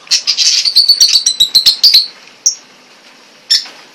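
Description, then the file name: Eclectus parrot calls: a rapid run of high, sharp chirping notes for about two seconds, then two isolated chirps spaced about a second apart. "blagorodnyj popugaj eklektus"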